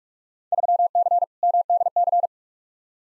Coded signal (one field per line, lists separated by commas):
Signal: Morse code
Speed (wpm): 43 wpm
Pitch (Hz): 700 Hz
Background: none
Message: 3C MDC